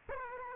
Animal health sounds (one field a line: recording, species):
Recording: mosquito wingbeat signal from an infrared sensor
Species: Aedes aegypti